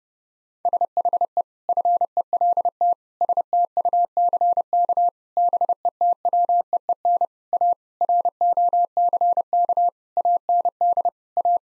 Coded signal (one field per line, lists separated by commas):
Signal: Morse code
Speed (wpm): 30 wpm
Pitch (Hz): 700 Hz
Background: none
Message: SHE FELT STUCK BETWEEN A ROCK AND A